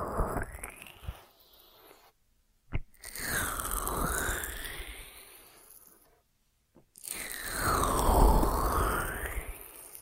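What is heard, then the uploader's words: Ear massage sounds: slow, swelling strokes of crinkly, crunchy rubbing that sweep up and down, separated by brief silences and a sharp tap. ASMR 3D Ear Massage that Penetrates Your Brain (No Talking).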